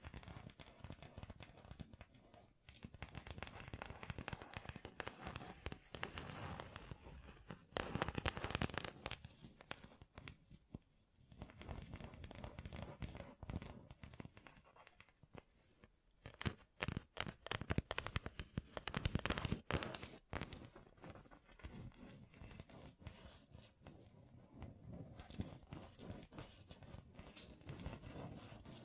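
Fingertips covered in gems tap and scratch in dense, crackling runs of sharp clicks that fill the whole range from low to bright. The activity comes in bursts, with brief lulls near 3, 11, 15 and 21 seconds, and the loudest flurries around 8 and 17–20 seconds.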